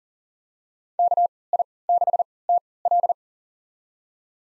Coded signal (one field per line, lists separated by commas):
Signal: Morse code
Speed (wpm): 40 wpm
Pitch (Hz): 700 Hz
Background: none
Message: KI6TL